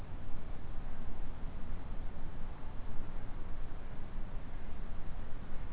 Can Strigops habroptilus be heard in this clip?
no